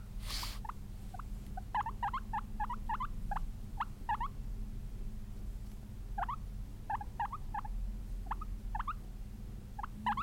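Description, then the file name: Guinea pig squeaking in bursts of short upward-sweeping notes, with pauses between runs, over a constant low hum. "Cute guinea pig"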